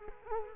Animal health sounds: mosquito wingbeat signal from an infrared sensor; Culex quinquefasciatus

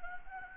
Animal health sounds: mosquito wingbeat signal from an infrared sensor; Anopheles gambiae

